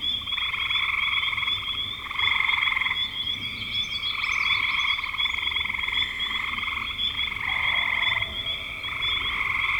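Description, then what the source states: Frogs calling in a dense chorus, long overlapping trilled croaks, with a steady high whine above. Spring frogs recorded in 2025.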